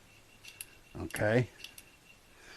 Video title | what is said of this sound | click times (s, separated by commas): Installing the Lower | and it snaps right in place | 0.6 s